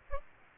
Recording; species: mosquito wingbeat signal from an infrared sensor; Aedes aegypti